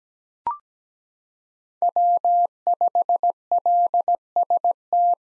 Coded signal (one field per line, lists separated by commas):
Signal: Morse code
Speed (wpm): 17 wpm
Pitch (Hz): 700 Hz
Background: none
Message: W5LST